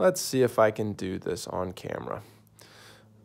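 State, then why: Not seated. A removable metal pocket clip is being pushed onto the barrel of a pen while someone talks. A faint tick comes near 2.5 s, after which things go quiet, but the clip has not snapped or seated yet.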